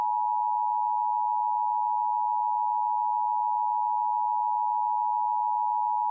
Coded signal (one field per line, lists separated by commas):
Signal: Emergency Alert System (SAME) tones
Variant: 853 and 960 Hz attention tone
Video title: an average wednesday - EAS Mock